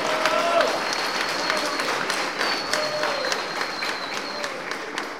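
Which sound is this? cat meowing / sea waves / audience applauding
audience applauding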